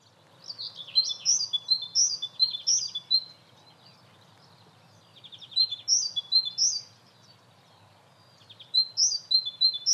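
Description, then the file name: Great tit calls, high chirps and buzzy rattles in three bursts with short pauses. "Parus major"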